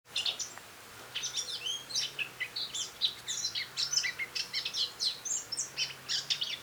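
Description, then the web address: Eurasian blackcap singing softly, a steady stream of short chirps and whistled slurs at high pitch over faint background hiss. "SETE Sylvia atricapilla"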